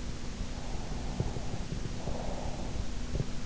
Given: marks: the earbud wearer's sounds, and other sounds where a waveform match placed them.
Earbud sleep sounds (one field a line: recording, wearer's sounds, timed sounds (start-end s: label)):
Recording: sounds in sleep by an in-ear microphone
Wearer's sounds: breath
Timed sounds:
0.61-3.39 s: breath